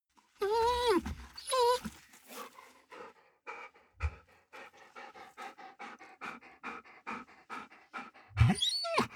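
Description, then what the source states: Dog whining: a high, wavering whimper twice at the start, then a long run of quick rhythmic panting breaths, ending with another sharp whine. Dog whining and panting.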